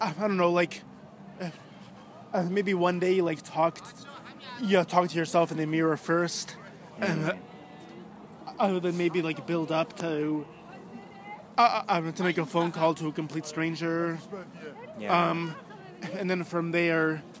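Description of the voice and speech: An adult man who stutters speaks in short bursts broken by silent pauses of up to about a second, with stretched word endings, a glottal catch before a word, and frequent fillers. These silent blocks and prolongations fit stuttering, which has been a lot worse than usual for him.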